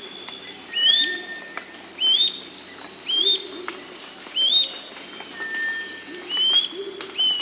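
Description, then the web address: Gray-crowned flycatcher song: thin, rising whistled notes with a wavering upturn, repeated several times, over a steady high insect drone. Recorded in South America. "Natures Songs S America Gray-crowned Flycatcher"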